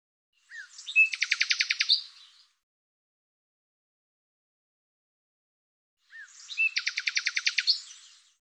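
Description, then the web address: Bird call given twice, with a long silent pause between: each a short rapid train of buzzy, pulsed notes, after a brief upward chirp. "Deverinetal 2025"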